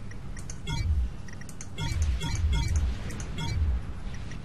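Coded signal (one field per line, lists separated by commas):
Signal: none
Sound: game music beeps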